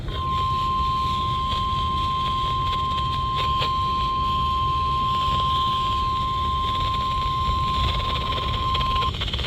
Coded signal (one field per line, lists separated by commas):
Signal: Emergency Alert System (SAME) tones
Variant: 1050 Hz attention tone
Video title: Weather Radio Rampage V (5/27/22)(EAS #177 - 195)